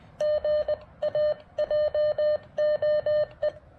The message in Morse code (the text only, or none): GA JOE